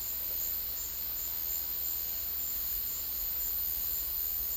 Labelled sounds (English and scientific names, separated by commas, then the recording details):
none
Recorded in secondary vegetation near Puerto Asís, Putumayo, Colombia, on 19 February 2024 at 12:00
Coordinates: 0.481, -76.323
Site G6376